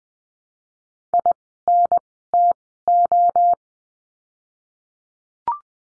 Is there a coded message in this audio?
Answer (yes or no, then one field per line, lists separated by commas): yes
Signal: Morse code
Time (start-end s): 1.1-3.5 s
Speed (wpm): 20 wpm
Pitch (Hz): 700 Hz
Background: none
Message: INTO